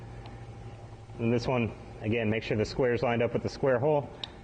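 On a 2001 Chevrolet Silverado pickup, a plastic quick-connect fuel line fitting is being lined up, its square locking tab to the square hole, for pushing onto the nipple of a new fuel pump module sending unit. Someone talks over a low steady hum, with no distinct impact sounds. Nothing has seated or clicked yet.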